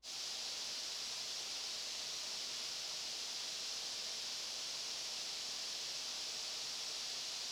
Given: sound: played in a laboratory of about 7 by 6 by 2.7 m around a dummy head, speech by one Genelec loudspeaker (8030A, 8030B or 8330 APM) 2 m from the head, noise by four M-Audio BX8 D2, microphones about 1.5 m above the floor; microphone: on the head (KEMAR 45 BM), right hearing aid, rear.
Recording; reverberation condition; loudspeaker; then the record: white noise; high; four, about 170 cm from the corners of the room and facing them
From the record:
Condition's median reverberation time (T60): about 1300 ms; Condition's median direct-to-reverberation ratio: about -4.0 dB